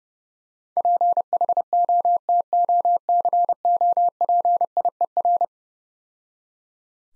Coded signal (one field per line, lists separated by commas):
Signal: Morse code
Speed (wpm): 29 wpm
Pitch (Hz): 700 Hz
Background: none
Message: PHOTOCOPIER